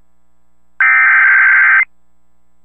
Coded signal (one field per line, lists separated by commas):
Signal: Emergency Alert System (SAME) tones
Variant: header bursts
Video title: Tornado Warning | EAS #432